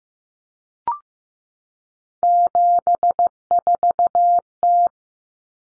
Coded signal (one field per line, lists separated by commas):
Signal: Morse code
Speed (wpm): 15 wpm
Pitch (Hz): 700 Hz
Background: none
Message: 74T